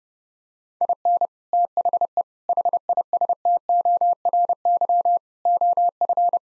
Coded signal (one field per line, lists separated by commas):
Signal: Morse code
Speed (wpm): 30 wpm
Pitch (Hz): 700 Hz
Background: none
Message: IN THE HISTORY OF